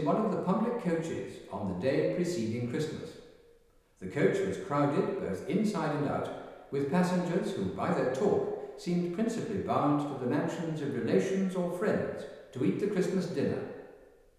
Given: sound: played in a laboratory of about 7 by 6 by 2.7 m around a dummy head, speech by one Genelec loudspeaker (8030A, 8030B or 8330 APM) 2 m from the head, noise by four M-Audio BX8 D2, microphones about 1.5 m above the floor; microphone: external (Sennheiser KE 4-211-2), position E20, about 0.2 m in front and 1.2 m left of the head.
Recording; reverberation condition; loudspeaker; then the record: male speech in English; high; 30 degrees to the left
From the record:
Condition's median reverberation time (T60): about 1300 ms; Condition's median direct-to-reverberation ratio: about -4.0 dB